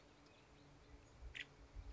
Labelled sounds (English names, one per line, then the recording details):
Nuttall's Woodpecker
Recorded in Sonoma County, California